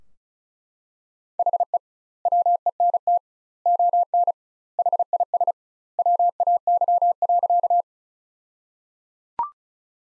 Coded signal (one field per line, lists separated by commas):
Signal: Morse code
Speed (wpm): 36 wpm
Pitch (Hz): 700 Hz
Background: none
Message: HE WENT ON HIS WAY.